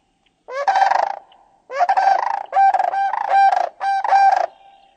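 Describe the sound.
Sandhill crane giving loud rolling, rattling bugles in four bursts, each a rapid pulsed trill, most lasting under a second.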